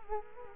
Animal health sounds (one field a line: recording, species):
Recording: mosquito wingbeat signal from an infrared sensor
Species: Culex quinquefasciatus